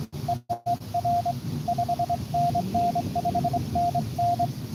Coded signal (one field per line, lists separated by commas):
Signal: Morse code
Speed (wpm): 23 wpm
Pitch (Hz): 700 Hz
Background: radio noise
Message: EEE R 5NN 5NN